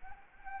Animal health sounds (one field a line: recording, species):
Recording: mosquito wingbeat signal from an infrared sensor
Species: Anopheles arabiensis